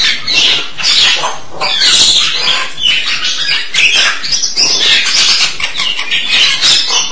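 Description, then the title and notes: Starling chattering in loud bursts of scratchy, buzzy notes separated by short gaps. "suara burung jalak"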